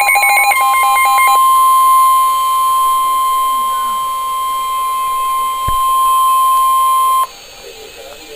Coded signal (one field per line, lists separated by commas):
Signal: Emergency Alert System (SAME) tones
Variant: 1050 Hz attention tone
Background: speech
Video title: NOAA - Real EAS #217